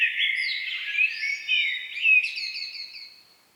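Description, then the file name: Common blackbird singing a short fluty phrase with slurred notes and a thin high twittering finish. "Turdus merula"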